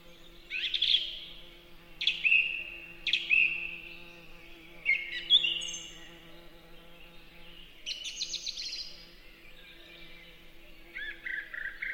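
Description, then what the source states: Song thrush singing, repeating one whistled phrase several times before shifting to new phrases, over a faint steady hum. Beautiful, peaceful, relaxing song in a spring forest.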